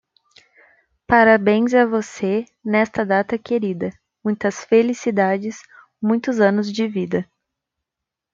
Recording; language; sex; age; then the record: short text; Brazilian Portuguese; female; 20 to 29 years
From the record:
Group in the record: control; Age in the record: 25 years